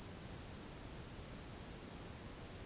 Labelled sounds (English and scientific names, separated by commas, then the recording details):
none
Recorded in dense forest near Puerto Asís, Putumayo, Colombia, on 21 February 2024 at 15:30
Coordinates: 0.486, -76.316
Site G6437